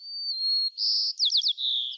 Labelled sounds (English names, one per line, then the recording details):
White-crowned Sparrow song
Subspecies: nuttalli
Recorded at Gualala, California, in 2014
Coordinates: 38.757, -123.519
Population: north
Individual GUA_male3_14